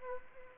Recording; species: mosquito wingbeat signal from an infrared sensor; Anopheles arabiensis